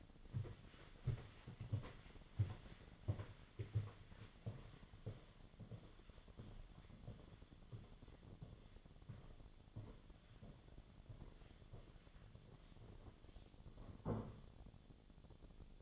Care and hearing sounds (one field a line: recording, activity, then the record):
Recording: daily activity, microphone in the room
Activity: walk to room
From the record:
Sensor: 4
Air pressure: 1010.9 hPa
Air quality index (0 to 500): 162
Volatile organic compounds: 4 ppm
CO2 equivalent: 1648 ppm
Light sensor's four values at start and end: 43/121/49/50 and 44/125/50/52